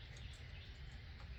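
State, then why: Not seated. A spark plug is turned counterclockwise in its threaded hole in the cylinder head of a Mercedes-Benz S550 (W222), feeling for where the thread ends meet so it will not cross-thread. Only a steady low rumble and broadband hiss with faint high chirps are heard, with no distinct transients. The plug has not dropped into its thread start or clicked yet, and nothing has seated.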